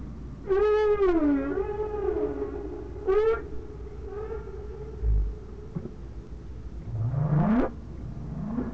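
Whale moans: a loud harmonic cry that dips and levels off, a shorter second cry, then a long rising sweep, over low background drone.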